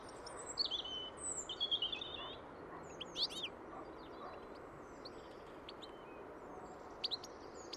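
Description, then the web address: Bird calls: a run of high chirping notes early on, then sharp scattered chirps over a constant background hiss. "Deverinetal. Bird Only"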